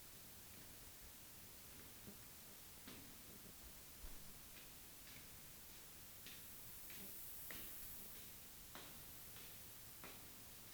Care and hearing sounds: daily activity, guitar pickup as the sensor; go downstairs

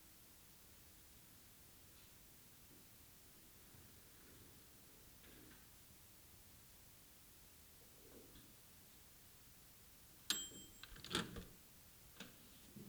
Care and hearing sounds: daily activity, guitar pickup as the sensor; use microwave

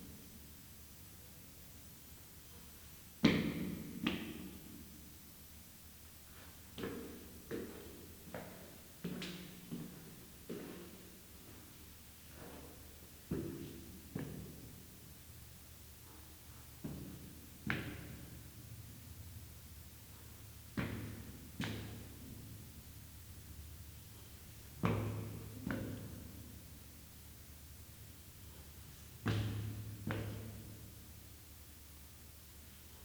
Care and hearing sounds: daily activity, guitar pickup as the sensor; go upstairs

